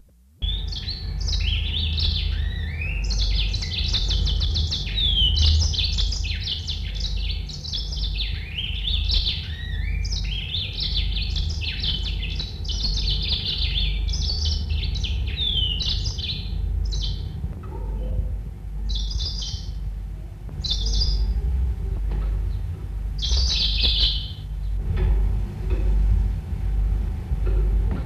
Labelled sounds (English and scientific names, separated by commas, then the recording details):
Yellow-fronted Canary (Crithagra mozambica) song
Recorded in captivity
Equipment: Halbspur, 9,5 cm/s
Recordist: Lütgens, Hans